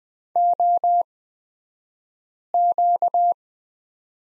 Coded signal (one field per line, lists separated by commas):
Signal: Morse code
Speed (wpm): 20 wpm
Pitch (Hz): 700 Hz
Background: none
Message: OQ